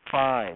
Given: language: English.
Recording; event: throat vibration sensor signal played as sound; speech